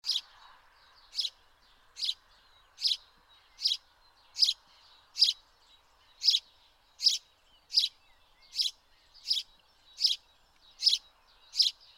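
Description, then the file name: House sparrow chirping, a single bright chirp repeated steadily about every 0.8 seconds, fifteen in all, over faint background noise. "Passer domesticus"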